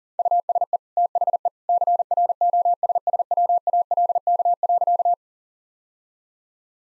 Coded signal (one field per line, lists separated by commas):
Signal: Morse code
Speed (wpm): 40 wpm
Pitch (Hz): 700 Hz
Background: none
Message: USE THE CROSSWALK.